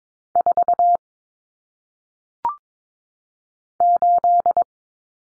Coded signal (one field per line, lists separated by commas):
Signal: Morse code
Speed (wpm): 22 wpm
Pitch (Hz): 700 Hz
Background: none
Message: 4 8